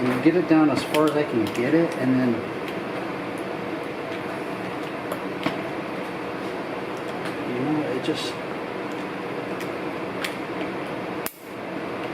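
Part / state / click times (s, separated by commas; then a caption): snap ring on transfer case shaft / not seated / none. A steel snap ring is worked down onto the output shaft of a Jeep TJ Rubicon 241J transfer case during a rebuild, to sit in the shaft's groove against the inner race of a newly installed bearing and keep the shaft from walking out. Someone talks over a steady hum, with brief sharp ticks around 5.5, 10.3 and 11.3 seconds. Nothing has seated or clicked into place yet.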